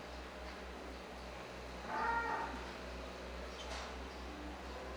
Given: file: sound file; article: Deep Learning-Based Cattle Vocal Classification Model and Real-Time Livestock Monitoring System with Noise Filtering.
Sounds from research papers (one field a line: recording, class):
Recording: cattle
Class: normal call